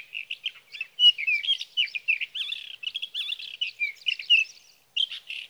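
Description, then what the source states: Sage thrasher song, a dense, nonstop warble of rapid slurred notes, ending after a short pause with one more burst. Male singing through the night near his night roost, evening of June 12 to morning of June 15, 2018, Sierra Valley, California; Swift recorder.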